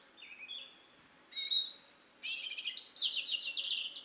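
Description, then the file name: European robin delivering a continuous, varied high phrase: thin whistled notes at shifting pitches leading into fast, buzzy, tumbling warbles. "Erithacus rubecula"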